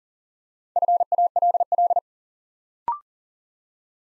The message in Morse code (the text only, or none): FALL